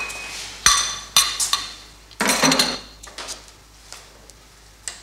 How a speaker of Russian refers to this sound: Тащит за собой тележку с коробом для грязной посуды. Переставляет в него тарелки с высоких столиков.